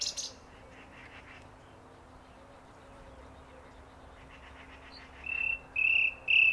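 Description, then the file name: Common nightingale, a faint chattering start and near silence, then three drawn-out whistles on a steady pitch. "Luscinia megarhynchos"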